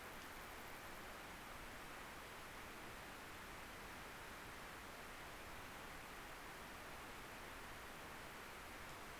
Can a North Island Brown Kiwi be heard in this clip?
no